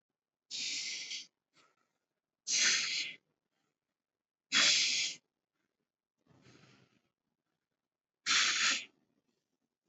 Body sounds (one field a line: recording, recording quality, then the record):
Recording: deep breathing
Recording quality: excellent, no background noise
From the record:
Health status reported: exposed to COVID-19, no respiratory illness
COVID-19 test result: negative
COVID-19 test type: RT-PCR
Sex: male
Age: 22 years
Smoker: no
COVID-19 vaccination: one dose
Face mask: worn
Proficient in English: yes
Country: India